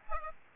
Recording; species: mosquito wingbeat signal from an infrared sensor; Aedes aegypti